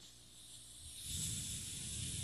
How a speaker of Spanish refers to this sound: Y el cascabel es el que te embruja, es el que te seduce, es el que te engaña. En la vida real las serpientes usan el cascabel para distraerte. Entonces cuando tú ves una serpiente, lo primero que hace la cascabel es ¿qué? Sonar el cascabel.